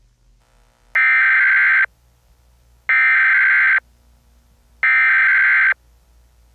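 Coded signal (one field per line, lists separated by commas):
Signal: Emergency Alert System (SAME) tones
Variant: header bursts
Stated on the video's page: Fictional EAS scenario; simulated, not a real alert.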